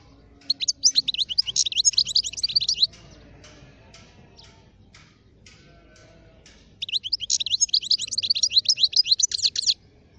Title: اجمل غناءالحسون الخلويchant chardonneret sauvage